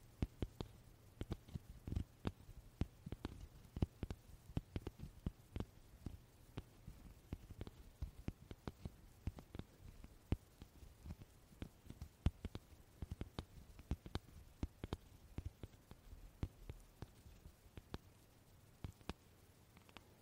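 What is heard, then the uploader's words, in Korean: Card wallet sounds: a steady run of small, sharp clicks and taps, irregular but dense, continuing throughout the twenty seconds. Each tick is crisp and brief, with a soft low rumble underneath and occasional louder snaps standing out. 카드 지갑 소리 card wallet sounds.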